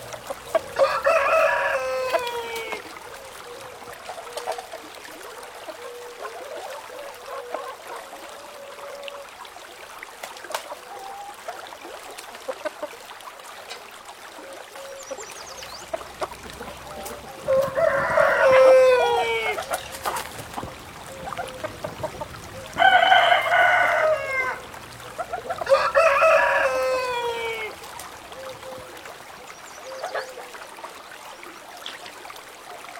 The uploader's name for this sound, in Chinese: 田园鸡啼